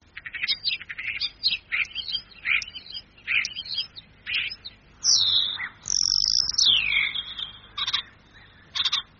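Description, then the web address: Common starling singing a varied medley of clicks, buzzy chatters and squeaky notes, broken by long slurred whistles sliding downward. "canto storno storno"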